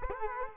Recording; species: mosquito wingbeat signal from an infrared sensor; Culex quinquefasciatus